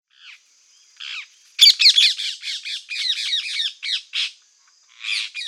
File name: Perruche a collier